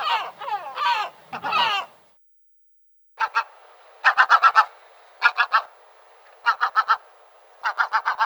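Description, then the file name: Gull calls: a few harsh rasping cries, a short pause, then quick clusters of two to five sharp clipped notes, repeated every second or so. "CHajka morskaja"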